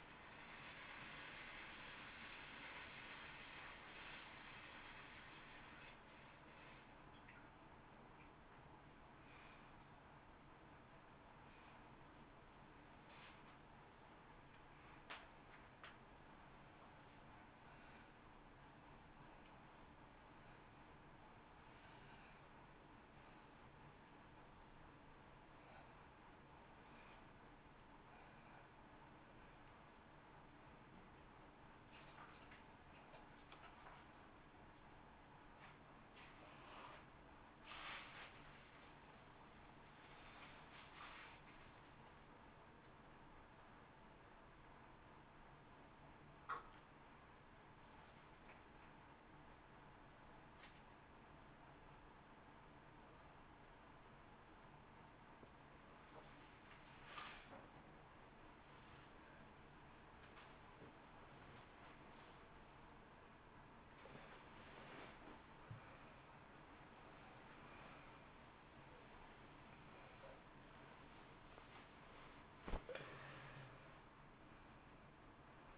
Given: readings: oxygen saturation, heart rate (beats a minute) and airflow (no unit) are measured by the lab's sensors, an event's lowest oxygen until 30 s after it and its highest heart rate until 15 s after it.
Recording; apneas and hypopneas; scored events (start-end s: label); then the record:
a person awake in a sleep study, by a voice recorder at the bedside; none
0.00-75.78 s: awake
From the record:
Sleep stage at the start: awake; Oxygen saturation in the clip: 93 to 95%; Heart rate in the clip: 38 to 83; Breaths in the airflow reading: 24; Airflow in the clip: -3.7 to 2.7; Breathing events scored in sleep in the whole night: 328 in 6.3 hours asleep